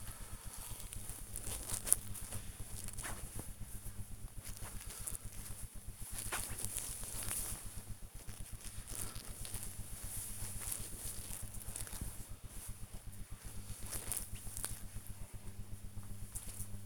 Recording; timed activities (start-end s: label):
household activities, microphone on the right wrist
0.00-15.39 s: tidy up the wardrobe